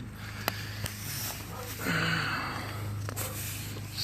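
A click-type torque wrench set to 23 Nm tightens the drain plug on the engine oil pan of a GSX-S1000 motorcycle, and the wrench gives a sharp click at 0.5 s. Fainter ticks follow at about 0.9 s and 3.1 s while someone talks over a low steady hum. The drain plug is torqued to the setting.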